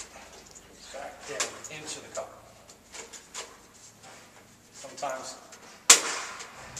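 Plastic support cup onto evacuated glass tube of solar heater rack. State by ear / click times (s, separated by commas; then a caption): seated / 5.9 s. A plastic lower support cup of a solar pool heater rack is pushed onto the end of an evacuated glass tube while someone talks. A sharp, loud click is heard at 5.9 s as the cup clicks into place and seats on the tube.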